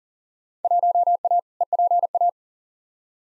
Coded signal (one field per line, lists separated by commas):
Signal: Morse code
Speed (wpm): 40 wpm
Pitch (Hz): 700 Hz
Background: none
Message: 1A EPA